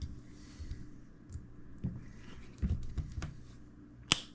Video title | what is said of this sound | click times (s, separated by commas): Cherokee XJ Scale Build - Part 3 Shock, Tires, Diffs, and Body | you hear one click two clicks it's in all right | 3.2 s, 4.1 s